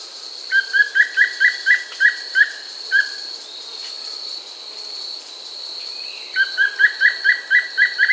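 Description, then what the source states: Wing-barred piprites song, a quick series of about eight bright whistled notes, a pause, then another similar series, over a steady high whine. South America.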